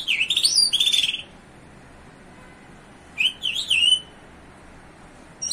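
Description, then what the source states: Bimaculated lark song: two short phrases of high, warbling, up-and-down twittering notes with a long quiet gap between them, and a brief chirp at the end. Recorded in Iran.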